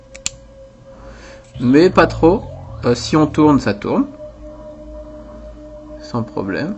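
The metal top chamber of a vape dripper atomizer is pressed down onto the dripper base over its two large o-rings, forcing a little but not too much. A sharp snap at 0.3 s marks the chamber clipping into place, seated. Someone talks afterward.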